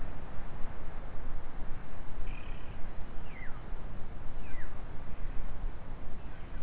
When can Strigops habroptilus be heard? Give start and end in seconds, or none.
none